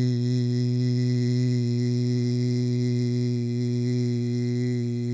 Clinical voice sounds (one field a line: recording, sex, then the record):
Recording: sustained vowel /i/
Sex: male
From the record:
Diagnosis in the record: Parkinson's disease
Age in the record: 68 years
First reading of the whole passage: 85 s, 6.1 characters per second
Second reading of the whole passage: 63 s, 8.2 characters per second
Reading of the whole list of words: 49 s, 5.8 characters per second